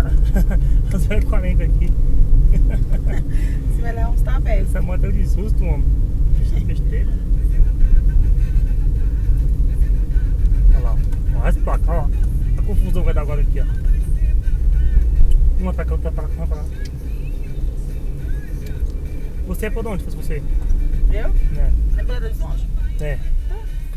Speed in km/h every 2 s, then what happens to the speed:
48, 46, 43, 39, 39, 38, 33, 35, 39, 41, 31, 15.
0-12 slows to 33. 12-19 speeds up to 41. 19-24 brakes to 15.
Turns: none.